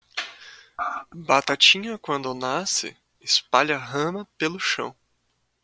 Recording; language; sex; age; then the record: short text; Brazilian Portuguese; male; 20 to 29 years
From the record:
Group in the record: control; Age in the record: 23 years